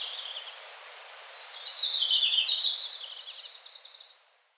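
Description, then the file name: Red-flanked bluetail giving a thin, high, wavering phrase that brightens and loudens, then trails off into softer notes and silence. "ruribi"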